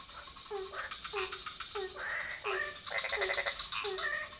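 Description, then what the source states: Frogs croaking in a chorus: short downslurred notes repeated regularly, overlaid by bursts of louder rattling, trilled calls from other frogs and a steady high hiss. Several frog species calling at night in a pond near a hotel in Ubud, Bali, Indonesia; recorded with Sony PCM D50 and Rode NT4 on a boompole.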